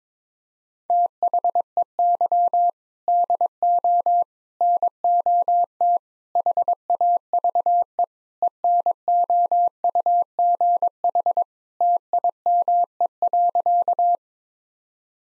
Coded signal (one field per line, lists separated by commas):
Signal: Morse code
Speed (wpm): 22 wpm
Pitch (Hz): 700 Hz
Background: none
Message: THEY DO NOT HAVE ENOUGH TIME.